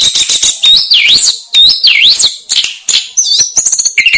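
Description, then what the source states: Snowy-browed flycatcher singing loud high phrases with repeated downward-then-upward swooping whistles, interspersed with sharp chips and fast ticking notes. Master song used to train caged birds.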